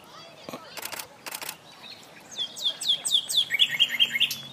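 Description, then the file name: Common nightingale singing a phrase of repeated descending whistled notes that drop to lower, rapidly repeated notes, after a few sharp clicks. "Luscinia megarhynchos"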